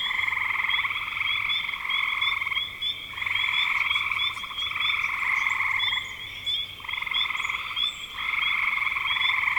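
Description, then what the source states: Frog chorus of long buzzy pulsed trills, several overlapping and pausing briefly, with quick high chirps sprinkled on top. Recorded in spring 2025.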